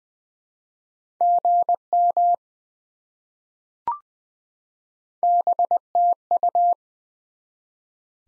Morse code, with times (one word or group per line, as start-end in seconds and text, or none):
1.2-2.3 GM
5.2-6.7 BTU